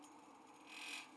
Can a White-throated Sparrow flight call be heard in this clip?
no